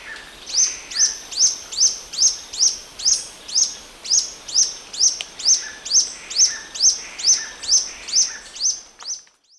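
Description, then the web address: Rufous-backed Antwren singing a long, even series of high, thin notes, steady throughout, over a soft background hiss. Song; South America, eastern lowlands. "Natures Songs S America Eastern Lowlands. Epinecrophylla erythrura, song"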